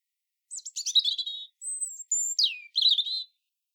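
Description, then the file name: European robin song: a jumbled high warble, a pure thin whistle held on one high pitch, then a downward slide and a final twittering flourish. "Erithacus rubecula"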